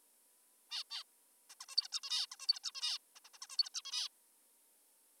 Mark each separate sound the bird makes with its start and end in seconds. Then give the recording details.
0.71-0.84, 0.91-1.04, 1.50-1.55, 1.61-1.66, 1.69-1.76, 1.77-1.88, 1.92-2.00, 2.03-2.26, 2.32-2.36, 2.40-2.47, 2.48-2.59, 2.64-2.72, 2.75-2.98, 3.16-3.20, 3.25-3.29, 3.34-3.38, 3.42-3.47, 3.50-3.57, 3.58-3.69, 3.74-3.82, 3.85-4.08. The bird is an adult. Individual g19o3U